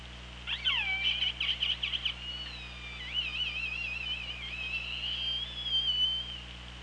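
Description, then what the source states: Killer whale calls, a burst of pulsed, wavering squeals followed by long whistled tones that rise and fall, over steady low hum and hiss of underwater noise. Recorded by OrcaLab hydrophone, underwater, 24 August 2017 at 17:25.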